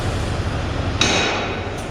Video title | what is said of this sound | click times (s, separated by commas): Disaster with a new camera mount - pov fail. #scania #trucker #pov | lift the staircase back up till it clicks in. There you go. | 1.0 s